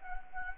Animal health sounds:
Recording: mosquito wingbeat signal from an infrared sensor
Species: Anopheles arabiensis

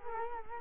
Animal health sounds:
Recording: mosquito wingbeat signal from an infrared sensor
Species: Culex quinquefasciatus

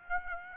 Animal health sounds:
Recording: mosquito wingbeat signal from an infrared sensor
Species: Aedes aegypti

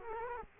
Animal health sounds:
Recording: mosquito wingbeat signal from an infrared sensor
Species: Culex quinquefasciatus

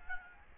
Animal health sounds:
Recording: mosquito wingbeat signal from an infrared sensor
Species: Aedes albopictus

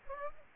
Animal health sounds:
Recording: mosquito wingbeat signal from an infrared sensor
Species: Aedes aegypti

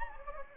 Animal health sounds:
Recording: mosquito wingbeat signal from an infrared sensor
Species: Anopheles gambiae

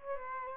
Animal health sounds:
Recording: mosquito wingbeat signal from an infrared sensor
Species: Aedes albopictus

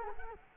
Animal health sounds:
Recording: mosquito wingbeat signal from an infrared sensor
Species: Culex quinquefasciatus

